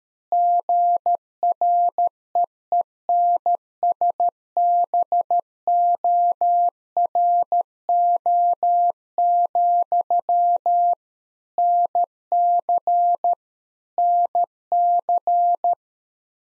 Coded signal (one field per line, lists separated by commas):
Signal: Morse code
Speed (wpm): 13 wpm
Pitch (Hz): 700 Hz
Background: none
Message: GREENSBORO, NC NC